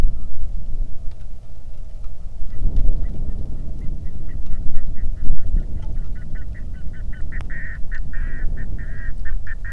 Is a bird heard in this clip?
yes